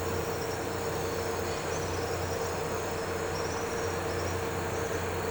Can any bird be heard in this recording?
yes